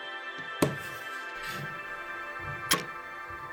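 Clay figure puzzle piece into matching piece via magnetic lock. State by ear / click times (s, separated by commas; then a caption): seated / 2.7 s. Two handmade polymer clay puzzle pieces, Blastoise and Wartortle, are slowly brought together until their hidden magnets pull them home. Over a steady tonal background there is a short sharp tap at 0.6 s, then a louder click at 2.7 s as the magnetic lock snaps the piece into place. It worked, and Blastoise becomes piece 11 of 151.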